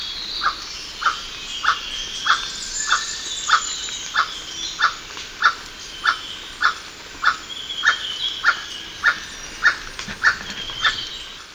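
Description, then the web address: Emerald toucanet in a long series of dry, barking croaks, steadily repeated roughly every 0.6 seconds, with insects buzzing behind. Recorded in Ecuador. "S America Birds of Ecuador. Emerald Toucanet"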